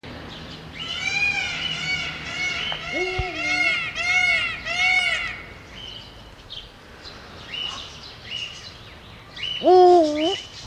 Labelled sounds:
Indian Peafowl call
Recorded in captivity
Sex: male
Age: adult
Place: Zoo Schwerin, Mecklenburg-Vorpommern, DE
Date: 1982-06-15 18:17
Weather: wolkig-heiter, 17°C
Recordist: Tembrock, Günter

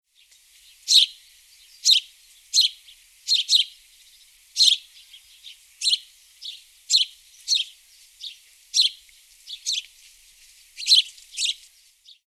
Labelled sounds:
House Sparrow
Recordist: Tembrock, Günter
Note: Tschilpen

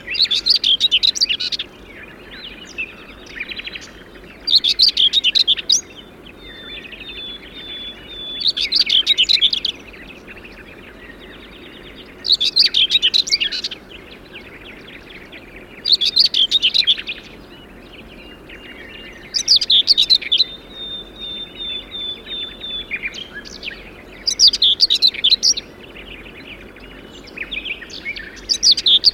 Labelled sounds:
Common Whitethroat
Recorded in the wild
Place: Sapareva Banya, Rila-Gebirge, Sofia, BG
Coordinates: 42.29, 23.269
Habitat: Montains
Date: 1974-05-22
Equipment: Nagra III BH, Sennheiser MD 21, parabola
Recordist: Schubert, Michael

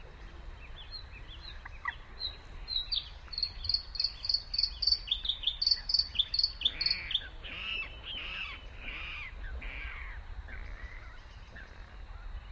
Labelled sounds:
Bluethroat song
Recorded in the wild
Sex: male
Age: adult
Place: Kützerhof, Kummerower See, Mecklenburg-Vorpommern, DE
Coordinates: 53.8564, 12.8858
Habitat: wetland
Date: 2010-04-28 21:20
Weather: fair, 14°C, no wind
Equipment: Sound Devices 702, Sennheiser MKH 70, Rycote Windschutz
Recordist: Frommolt, Karl-Heinz

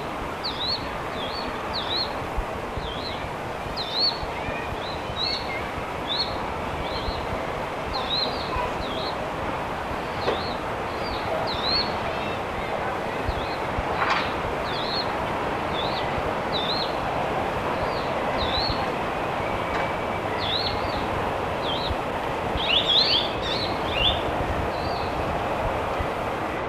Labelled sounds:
Crested Lark call
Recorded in the wild
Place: Zoo Hannover, Niedersachsen, DE
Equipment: Halbspur, 9,5 cm/s
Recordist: Lütgens, Hans

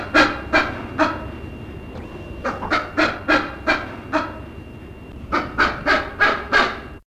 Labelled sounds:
Ashy-headed Goose call
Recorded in captivity
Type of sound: call
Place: Zoo Zürich, CH
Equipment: Halbspur, 9,5 cm/s
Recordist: Lütgens, Hans
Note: Rufe

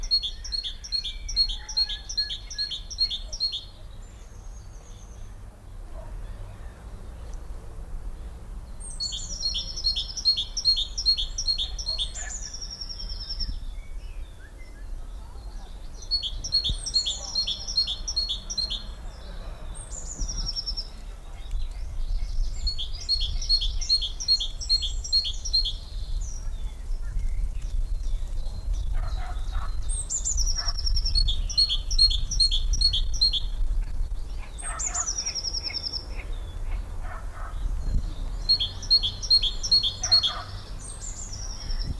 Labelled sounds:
Eurasian Blue Tit call
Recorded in the wild
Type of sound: call sequence, call
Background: Parus major
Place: Lychen, Brandenburg, DE
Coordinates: 53.21, 13.32
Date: 1995-04-22 18:35
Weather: heiter, 23°C, böiger Wind
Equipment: Marantz CP 430, Sennheiser ME 80, Kopie Uher 4000 Report Monitor
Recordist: Tembrock, Günter
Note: Rufreihen

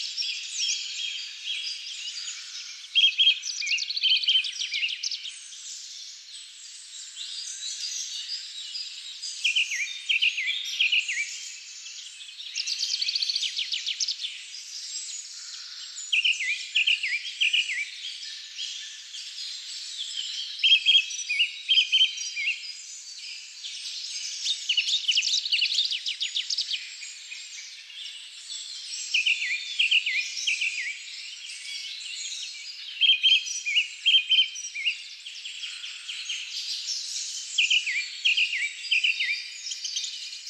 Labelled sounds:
Song Thrush song
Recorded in the wild
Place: Lilienhof / Kaiserstuhl, Baden-Württemberg, DE
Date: 2000-03-25
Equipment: MiniDisc Sharp MT 20 H
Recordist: Schwarz, Dieter
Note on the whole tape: Song

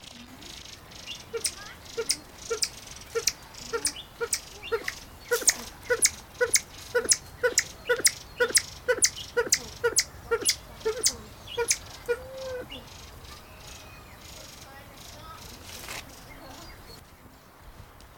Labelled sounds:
Edwards's Pheasant call
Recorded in captivity
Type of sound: call sequence
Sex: male
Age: adult
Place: Tierpark Berlin, Berlin, DE
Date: 1997-03-02 12:36
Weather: heiter, 15°C, böiger Wind
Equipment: Nagra SN, Kopie Uher 4000 Report Monitor
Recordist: Tembrock, Günter
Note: Männchen: Lautfolgen, auf Beobachter bezogen

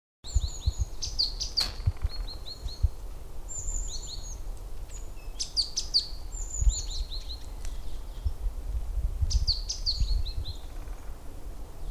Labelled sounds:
Great Tit song
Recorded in the wild
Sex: male
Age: adult
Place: Prenden, Brandenburg, DE
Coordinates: 52.8347, 13.62
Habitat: wood
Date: 1992-03-07 16:04
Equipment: Aiwa HD-S1, Sennheiser ME 80, 1:1 Kopie
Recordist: Frommolt, Karl-Heinz

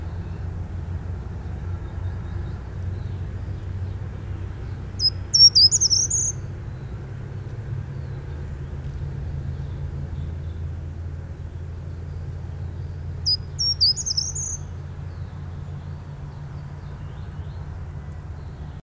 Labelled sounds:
Short-toed Treecreeper song
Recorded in the wild
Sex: male
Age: adult
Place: Erlangen, Bayern, DE
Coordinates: 49.6219, 10.9394
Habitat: carr
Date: 1964-03-24
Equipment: Vollspur, Parabolspiegel Grampian
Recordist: Tretzel, Erwin
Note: Mönau, Bruch Dechsendorf: Gartenbaumläufer: Gesang

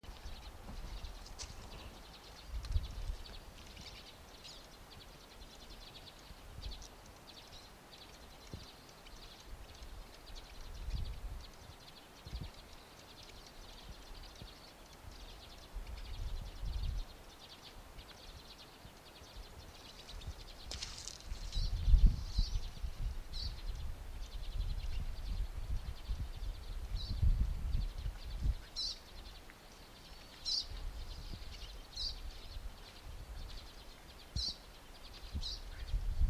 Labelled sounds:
Pine Siskin call
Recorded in the wild
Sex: group
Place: Yoho National Park, Rocky Mountains, British Columbia, CA
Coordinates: 51.4433, -116.542
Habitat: coniferous forest
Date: 1991-09-19 11:40
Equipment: Sony WM-D6C, Sony ECM-939 LT (Stereo), Kopie Uher 4400 IC
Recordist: Frommolt, Karl-Heinz

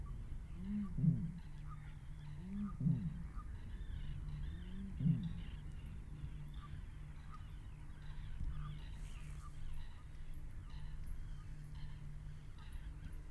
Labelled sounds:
Great Bittern
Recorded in the wild
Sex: male
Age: adult
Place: Kützerhof, Kummerower See, Mecklenburg-Vorpommern, DE
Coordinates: 53.8386, 12.8728
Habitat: lake
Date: 2008-04-29 21:19
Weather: bedeckt, 15°C, schwacher Wind aus West
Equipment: Sound Devices 702, Sennheiser MKH 70, Windkorb
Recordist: Frommolt, Karl-Heinz
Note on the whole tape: Nordwestufer des Kummerower Sees: 3 Rufreihen einer Rohrdommel im Schilfgürtel des Sees vom Damm aus aufgenommen. See ist durch Weidengebüsch abgeschirmt. Tier nicht gesehen. Pausen geschnitten. Entfernung ca

